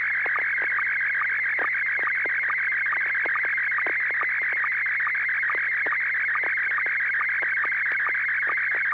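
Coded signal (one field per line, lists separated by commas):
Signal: SSTV (slow-scan television)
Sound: continuous raspy warbling tone with regular quick low blips, steady throughout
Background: low mains hum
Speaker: Oh, it's a picture of a couple of women sitting on a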